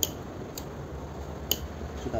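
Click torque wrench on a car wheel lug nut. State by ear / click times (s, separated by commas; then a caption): torque reached / 1.5 s. A click-type torque wrench set to about 80 Nm tightens a car wheel lug nut while a cross lug wrench is being tested. After a sharp tick at 0.0 s and a fainter one at 0.6 s, the wrench breaks over with a crisp click at 1.5 s. This confirms it has reached its set torque value.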